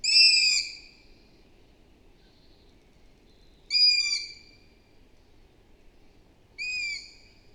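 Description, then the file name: Long-eared owl with three loud, high, squeaky calls, repeated about every three seconds over low steady background noise. "Hibou moyen-duc - Asio otus"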